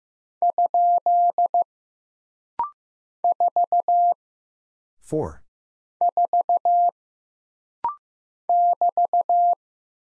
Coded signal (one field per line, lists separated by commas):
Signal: Morse code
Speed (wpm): 15 wpm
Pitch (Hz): 700 Hz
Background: none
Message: ? 4 4 <BT>